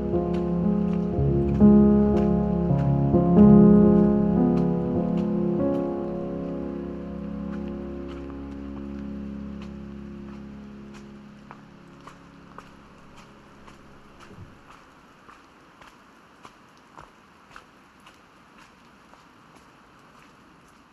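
On a rainy early spring morning on the Oregon coast, a low, humming drone with steady tones is loud at first, then fades away over about fourteen seconds. After that it turns quiet, with light scattered drips and taps every second or so.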